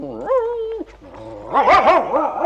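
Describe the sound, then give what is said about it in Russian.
A dog named Dingo whimpers and whines in agitation: a rising, drawn-out whine, a brief lull, then a louder run of wavering, pitch-swooping cries. “Собака в страшном волнении.”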